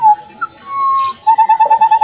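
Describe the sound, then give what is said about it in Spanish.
A Chico Piojo bird calls with high, thin whistled notes: a short opening burst, a long sustained tone, then a rapid series of quick, evenly spaced chirps. “Un Chico Piojo.”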